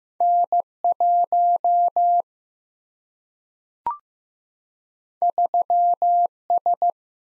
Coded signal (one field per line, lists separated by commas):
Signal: Morse code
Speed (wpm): 15 wpm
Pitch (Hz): 700 Hz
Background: none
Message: N 1 3 S